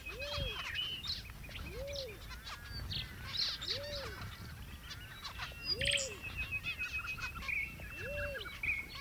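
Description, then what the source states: Zebra finches chattering in a busy flock, short nasal calls overlapping, with a lower arched call repeating about every two seconds and thin steady whistles above. More than one zebra finch.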